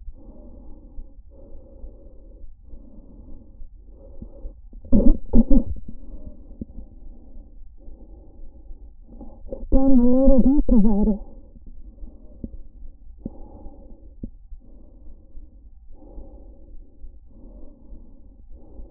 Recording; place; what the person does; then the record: lung sounds by stethoscope; trachea; quiet breathing, then cough and speech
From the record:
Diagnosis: interstitial lung disease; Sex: female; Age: 61 years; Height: 155 cm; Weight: 75.5 kg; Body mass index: 31.4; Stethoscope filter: diaphragm mode